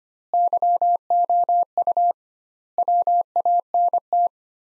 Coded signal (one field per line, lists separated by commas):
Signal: Morse code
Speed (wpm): 25 wpm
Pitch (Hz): 700 Hz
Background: none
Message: YOU WANT